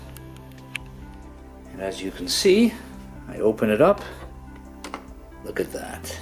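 After the missing screw is refitted in the lid mechanism, the CD lid of an Amiga CD32 game console is pressed shut and its latch locks into place with a sharp click at 0.8 s. Someone then talks over steady background music.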